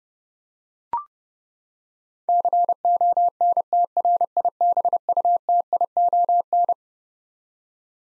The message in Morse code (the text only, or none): CONTRIBUTION